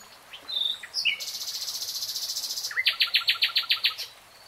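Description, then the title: Nightingale song: a few whistled notes, a long dry buzzing rattle, then a run of loud rapid repeated chirps. Singing, heard in real time, from a 3-hour recording. "[Tiếng chim hót] Nightingale Singing"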